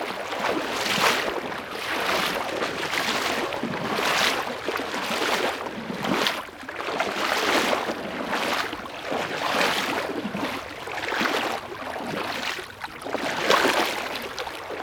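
Footsteps wade through water, each stride a bright, splashy slosh arriving at a steady pace of roughly one per second. The sound stays continuous, with the water churning between steps and no other sounds standing out.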